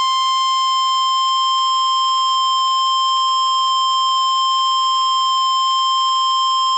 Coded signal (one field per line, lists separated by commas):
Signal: Emergency Alert System (SAME) tones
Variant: 1050 Hz attention tone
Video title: Mount Rainier Eruption EAS Scenario